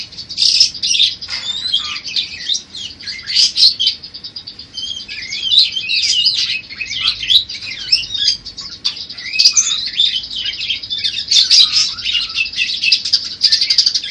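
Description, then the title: Bird singing a long, busy medley of high twittering, chirps and trills. Used for training songbirds to sing. "Masteran Burung"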